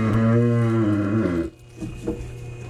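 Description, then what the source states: Cattle mooing, a drawn-out low lowing call for about a second and a half, then quieter background noise. Cow in a chute during pregnancy checking by rectal palpation; she is six months pregnant.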